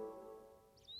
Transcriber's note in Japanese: 鳥の声